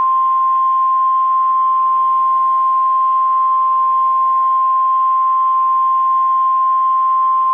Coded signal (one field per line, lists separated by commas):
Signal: Emergency Alert System (SAME) tones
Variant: 1050 Hz attention tone